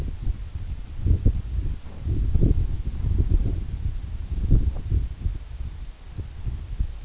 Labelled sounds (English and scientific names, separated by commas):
none